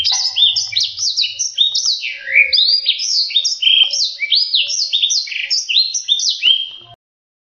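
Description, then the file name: Black-throated seedeater pouring out a continuous, energetic warble of high swooping whistled notes for about seven seconds, then silence. Song used for training canaries. "audio kicauan blacksang untuk masteran kenari omkicau"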